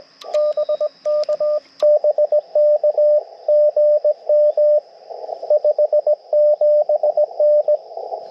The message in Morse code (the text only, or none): BK BK GM 57N